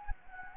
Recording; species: mosquito wingbeat signal from an infrared sensor; Anopheles gambiae